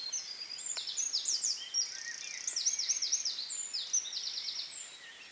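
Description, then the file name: Eurasian wren song: a loud, high, rapid run of buzzy trills and sharp notes, pouring out almost without pause for over five seconds. "Troglodytes troglodytes"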